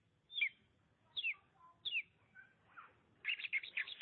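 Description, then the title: Oriental magpie-robin song: three falling whistled notes spaced under a second apart, then softer notes and a fast scratchy chattering burst at the end. "Suara Kicauan Burung Kacer Durasi Panjang"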